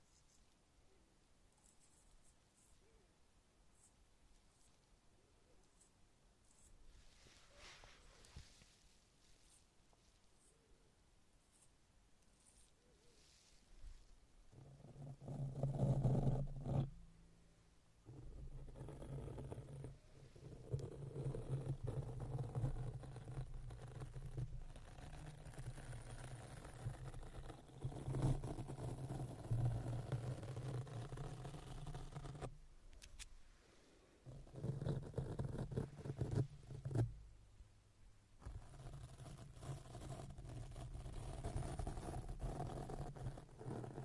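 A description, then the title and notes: Microphone and face brushing begins with faint rustles, then from fifteen seconds turns into heavy, low rumbling strokes broken by brief pauses. ASMR Face and Microphone Brushing for Relaxation.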